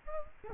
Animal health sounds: mosquito wingbeat signal from an infrared sensor; Culex quinquefasciatus

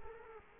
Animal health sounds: mosquito wingbeat signal from an infrared sensor; Culex quinquefasciatus

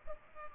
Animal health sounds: mosquito wingbeat signal from an infrared sensor; Culex pipiens

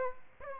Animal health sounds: mosquito wingbeat signal from an infrared sensor; Aedes aegypti

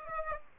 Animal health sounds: mosquito wingbeat signal from an infrared sensor; Aedes aegypti

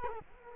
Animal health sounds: mosquito wingbeat signal from an infrared sensor; Culex quinquefasciatus

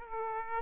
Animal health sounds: mosquito wingbeat signal from an infrared sensor; Aedes aegypti

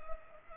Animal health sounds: mosquito wingbeat signal from an infrared sensor; Culex pipiens

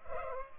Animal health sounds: mosquito wingbeat signal from an infrared sensor; Culex pipiens

